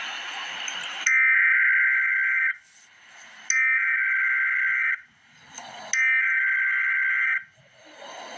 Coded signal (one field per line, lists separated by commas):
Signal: Emergency Alert System (SAME) tones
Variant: header bursts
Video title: Emergency Alert System - Special Weather Statement - Apr 2, 2025 at 10:48 AM EDT